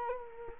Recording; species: mosquito wingbeat signal from an infrared sensor; Culex quinquefasciatus